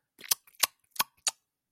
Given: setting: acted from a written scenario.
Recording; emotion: vocal sound without words; ecstasy